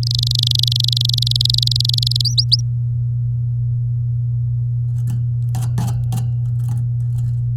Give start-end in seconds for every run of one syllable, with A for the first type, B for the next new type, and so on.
0.03-2.21 A, 2.25-2.61 B